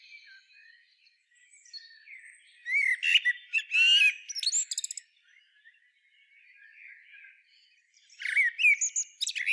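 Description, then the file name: Common blackbird with irregular squawking chatter and brief whistles. Two louder bursts are separated by quieter, scattered twittering. "Turdus merula"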